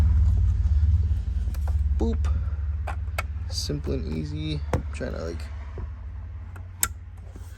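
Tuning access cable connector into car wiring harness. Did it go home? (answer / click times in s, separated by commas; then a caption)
yes / 6.8 s. An aftermarket tuning access cable's connector is plugged into a Chrysler 300's wiring harness behind the dash while someone talks over a low, steady rumble. Light handling taps come before a sharp, clear click at 6.8 s as the connector seats and is confirmed plugged in.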